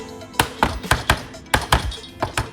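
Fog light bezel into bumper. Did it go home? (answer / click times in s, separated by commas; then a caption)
no / none. A plastic fog light bezel is handled on a 2014-2017 Lexus CT200H F-Sport bumper conversion from the 2011-2013 old style, with its prongs lined up with the holes in the bumper and pressed down. A series of sharp taps rings out through the clip, including at about 0.4, 0.6, 0.9, 1.1 and 1.7 seconds. Nothing has seated or clicked yet.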